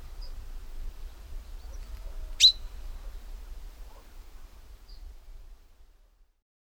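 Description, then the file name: Common chaffinch giving a single short, sharp high call partway through, otherwise quiet apart from a low rumbling background. "Fringilla coelebs"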